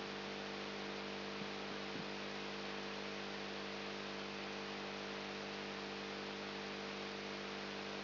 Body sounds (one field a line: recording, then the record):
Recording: brain microelectrode recording played as sound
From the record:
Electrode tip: outside the subthalamic nucleus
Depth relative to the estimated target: -3 mm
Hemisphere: left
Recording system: AlphaMap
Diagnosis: Parkinson's disease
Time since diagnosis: 14 years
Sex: male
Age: 59 years